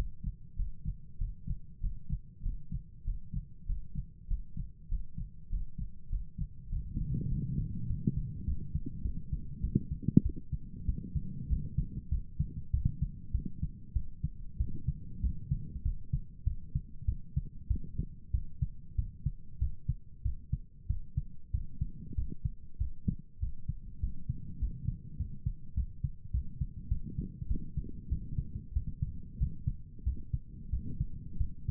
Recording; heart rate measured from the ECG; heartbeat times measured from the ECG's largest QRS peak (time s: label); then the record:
heart sounds by stethoscope; 97 bpm
0.56 s: heartbeat
1.18 s: heartbeat
1.80 s: heartbeat
2.42 s: heartbeat
3.04 s: heartbeat
3.65 s: heartbeat
4.27 s: heartbeat
4.88 s: heartbeat
5.49 s: heartbeat
6.09 s: heartbeat
6.69 s: heartbeat
7.28 s: heartbeat
7.86 s: heartbeat
8.44 s: heartbeat
9.02 s: heartbeat
9.60 s: heartbeat
10.22 s: heartbeat
10.85 s: heartbeat
11.47 s: heartbeat
12.09 s: heartbeat
12.70 s: heartbeat
13.31 s: heartbeat
13.93 s: heartbeat
14.57 s: heartbeat
15.21 s: heartbeat
15.82 s: heartbeat
16.44 s: heartbeat
17.05 s: heartbeat
17.68 s: heartbeat
18.31 s: heartbeat
18.95 s: heartbeat
19.59 s: heartbeat
20.22 s: heartbeat
20.87 s: heartbeat
21.51 s: heartbeat
22.15 s: heartbeat
22.77 s: heartbeat
23.39 s: heartbeat
24.00 s: heartbeat
24.58 s: heartbeat
25.16 s: heartbeat
25.74 s: heartbeat
26.31 s: heartbeat
26.88 s: heartbeat
27.47 s: heartbeat
28.08 s: heartbeat
28.72 s: heartbeat
29.37 s: heartbeat
30.03 s: heartbeat
30.69 s: heartbeat
31.37 s: heartbeat
From the record:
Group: healthy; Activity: breath hold 0-8 s, rest 8-32 s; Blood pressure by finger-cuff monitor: 101/65 mmHg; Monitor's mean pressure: 79 mmHg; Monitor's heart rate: 97 bpm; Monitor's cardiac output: 7.8 L/min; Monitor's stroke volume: 78 mL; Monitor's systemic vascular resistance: 730 dyn s/cm5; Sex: male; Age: 19 years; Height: 178 cm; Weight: 83 kg